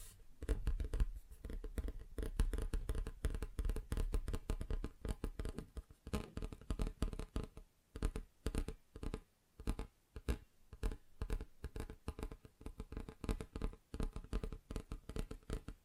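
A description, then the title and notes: Dense, rapid tapping on different surfaces runs continuously for the first half, then breaks into quicker bursts separated by brief silent gaps. ASMR Just Tapping (Different Surfaces No Talking).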